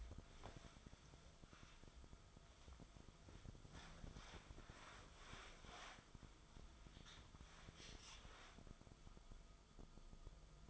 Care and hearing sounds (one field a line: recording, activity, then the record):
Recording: daily activity, microphone in the room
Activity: wipe stove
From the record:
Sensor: 5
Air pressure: 1004.8 hPa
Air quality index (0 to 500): 101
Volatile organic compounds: 2 ppm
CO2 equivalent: 1234 ppm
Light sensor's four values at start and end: 32/71/30/30 and 33/75/31/31